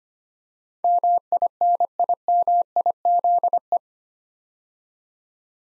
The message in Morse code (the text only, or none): MINIMIZE